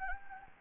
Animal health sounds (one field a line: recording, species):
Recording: mosquito wingbeat signal from an infrared sensor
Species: Anopheles gambiae